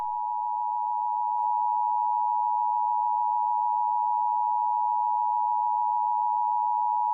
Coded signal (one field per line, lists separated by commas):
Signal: Emergency Alert System (SAME) tones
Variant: 853 and 960 Hz attention tone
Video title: EAS Scenario #1: April 27, 2011 Super Outbreak